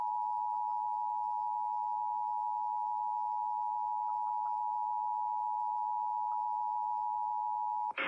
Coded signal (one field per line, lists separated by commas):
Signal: Emergency Alert System (SAME) tones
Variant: 853 and 960 Hz attention tone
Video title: EAS Severe T’storm Warning #37 3/14/25 (Credit Goes To @SouthernPennsylvaniaWX & @KanawhaCountyWX)